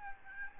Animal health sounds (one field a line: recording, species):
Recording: mosquito wingbeat signal from an infrared sensor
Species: Aedes albopictus